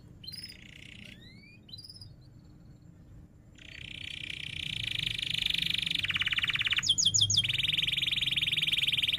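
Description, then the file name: Canary singing: a few soft upslurred notes at first, then a loud, sustained rolling trill broken by a burst of sharp rising notes. Canary described as energetic singing (gacor), with chirping and sharp rolling trills (ngerol tajam). "Suara Kenari Gacor Cuit Cuit Ngerol Tajam"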